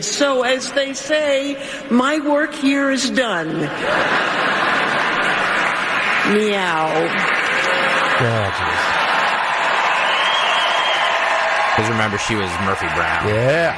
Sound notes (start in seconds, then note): 3.6 laughter; 7.1 applause